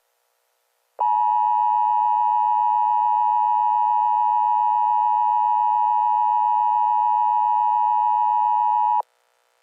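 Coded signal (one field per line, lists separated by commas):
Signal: Emergency Alert System (SAME) tones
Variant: 853 and 960 Hz attention tone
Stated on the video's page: Fictional EAS scenario with valid tones, based on the horror film Cujo.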